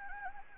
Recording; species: mosquito wingbeat signal from an infrared sensor; Anopheles gambiae